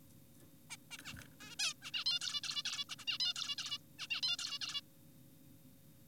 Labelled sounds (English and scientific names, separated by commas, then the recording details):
Zebra Finch (Taeniopygia guttata)
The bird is an adult
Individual g4p5U